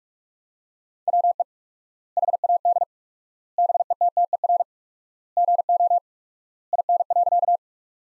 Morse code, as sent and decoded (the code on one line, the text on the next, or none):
.-- . / .... .- -.. / -... . - - . .-. / --. --- / .. -. .-.-.-
WE HAD BETTER GO IN.